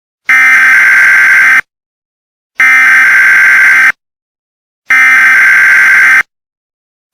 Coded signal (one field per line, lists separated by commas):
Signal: Emergency Alert System (SAME) tones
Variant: header bursts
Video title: PathOwOgen EAS Scenario